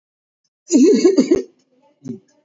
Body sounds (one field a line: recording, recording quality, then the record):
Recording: shallow voluntary cough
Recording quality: excellent, no background noise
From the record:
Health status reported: COVID-19 positive, mild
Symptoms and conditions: cough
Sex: male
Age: 23 years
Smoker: yes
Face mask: not worn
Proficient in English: no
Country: India